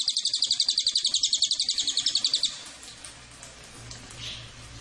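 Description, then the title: Cililin giving a rapid, high, buzzy pulsed trill for about two and a half seconds, then stopping, leaving faint noise and a low hum. Used as a lure and tutor (pancingan, masteran) to attract the bird. "MASTERAN SUARA BURUNG CILILIN BISA JUGA PANCINGAN CILILIN"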